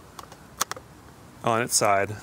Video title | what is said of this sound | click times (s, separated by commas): Hasselblad + Phase One Digital Back Review, Pt 2 | but you can actually just pop it off and then simply rotate the whole back | 0.6 s